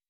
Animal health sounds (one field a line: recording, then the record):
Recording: hydrophone in a shrimp aquaculture tank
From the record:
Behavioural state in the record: weakened